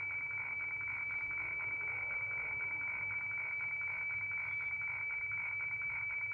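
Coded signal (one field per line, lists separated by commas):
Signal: weather fax (radiofax)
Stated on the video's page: HF weather fax received on a ham radio with a long wire antenna.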